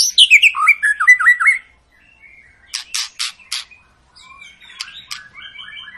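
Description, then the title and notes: White-rumped shama song: a quick run of descending whistled notes, then a pause, a few loud harsh clicks, and soft warbling phrases near the end. Long lure song (pancingan) of a shama singing vigorously (gacor), meant to prompt other birds to sing. "Murai Batu Gacor Panjang. muraiku"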